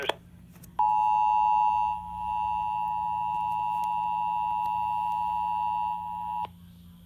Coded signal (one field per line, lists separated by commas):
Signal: Emergency Alert System (SAME) tones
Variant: 853 and 960 Hz attention tone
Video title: EAS Severe Thunderstorm Warning NOAA/FM Radio EAS#60